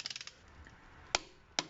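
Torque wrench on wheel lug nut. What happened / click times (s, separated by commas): The torque wrench clicked off at its set torque / 1.2 s, 1.6 s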